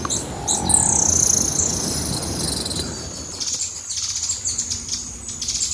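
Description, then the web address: Hummingbird calls: a thin, high whistled squeal near the start, followed by quick, sharp, very high chirps repeated in uneven bursts. "hummingbird Hummingbird Sounds, Chirps and Calls"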